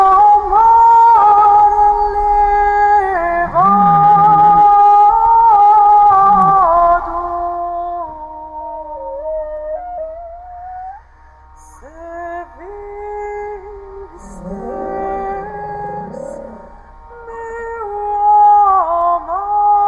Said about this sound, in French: Et au même moment, la réponse d'une baleine à bosse captée dans l'hydrophone.